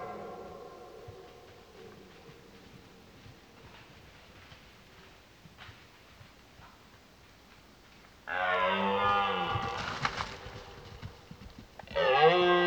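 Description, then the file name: Red deer roaring: faint low moans at first, then a loud, harsh, drawn-out roar near the end followed by a second brief bellow. Rutting roars heard in the distance. "Burlen 06 in deverte"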